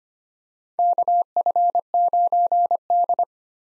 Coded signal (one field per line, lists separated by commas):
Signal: Morse code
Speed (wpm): 25 wpm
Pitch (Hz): 700 Hz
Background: none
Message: KF9D